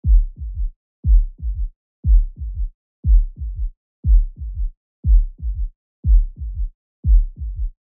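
Low-pitched heart sounds fall into a steady three-beat pattern at about 60 cycles a minute, with a soft extra sound just after the second. This is an S3 gallop, a third heart sound that gives a galloping rhythm.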